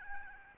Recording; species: mosquito wingbeat signal from an infrared sensor; Aedes albopictus